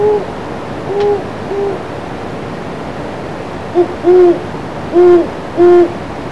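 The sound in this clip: Great horned owl hooting, a few softer deep hoots followed by several louder, muffled hoots against faint background noise.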